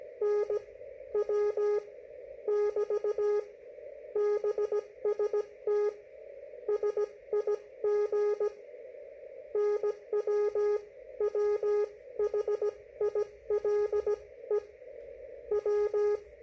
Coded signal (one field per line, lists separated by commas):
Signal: Morse code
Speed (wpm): 17 wpm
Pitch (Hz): 420 Hz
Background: none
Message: NW <BT> BST SIG NW WHILE W